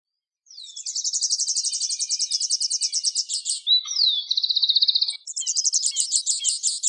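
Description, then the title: Bird song of long, very high rapid trills, shifting between a buzzy fast rattle, a lower slurred trill and a slower pulsing series. "LuckyPassaros CompletosSama"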